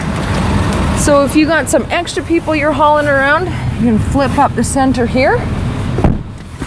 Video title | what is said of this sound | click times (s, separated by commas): 2016 White Ford Super Duty F-350 4x4 Crew Cab XLT Long Box Review - PG Motors | locks into place and it's got a three-point harness underneath the center seat | 6.0 s